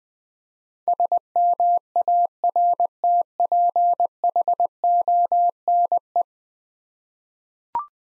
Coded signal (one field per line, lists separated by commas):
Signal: Morse code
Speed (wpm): 21 wpm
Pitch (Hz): 700 Hz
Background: none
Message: SMARTPHONE